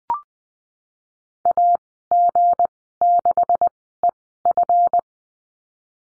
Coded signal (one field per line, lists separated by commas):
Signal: Morse code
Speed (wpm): 20 wpm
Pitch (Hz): 700 Hz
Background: none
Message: A G 6 E F